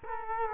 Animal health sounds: mosquito wingbeat signal from an infrared sensor; Culex quinquefasciatus

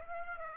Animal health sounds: mosquito wingbeat signal from an infrared sensor; Aedes aegypti

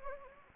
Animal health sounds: mosquito wingbeat signal from an infrared sensor; Anopheles gambiae

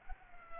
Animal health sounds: mosquito wingbeat signal from an infrared sensor; Culex pipiens

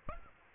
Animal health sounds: mosquito wingbeat signal from an infrared sensor; Aedes aegypti

